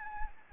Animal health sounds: mosquito wingbeat signal from an infrared sensor; Anopheles gambiae

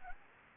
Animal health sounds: mosquito wingbeat signal from an infrared sensor; Anopheles gambiae

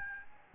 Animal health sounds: mosquito wingbeat signal from an infrared sensor; Aedes albopictus

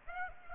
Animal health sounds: mosquito wingbeat signal from an infrared sensor; Aedes aegypti

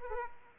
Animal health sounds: mosquito wingbeat signal from an infrared sensor; Aedes aegypti

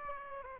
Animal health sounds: mosquito wingbeat signal from an infrared sensor; Aedes aegypti

